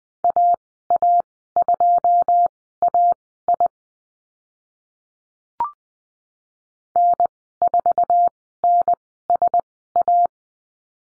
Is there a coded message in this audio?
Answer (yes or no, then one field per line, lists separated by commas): yes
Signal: Morse code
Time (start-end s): 0.2-10.3 s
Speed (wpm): 20 wpm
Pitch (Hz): 700 Hz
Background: none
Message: AA2AI N4NSA